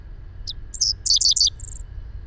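Bird singing a brief high twittering phrase of rapid chirps, closing with a thin drawn-out high note, over a faint low rumble.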